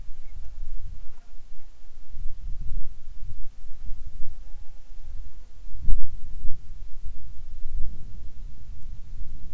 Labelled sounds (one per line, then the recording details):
wind
insects
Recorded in the Arctic National Wildlife Refuge, Alaska, on 7 July 2019 at 18:58
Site 41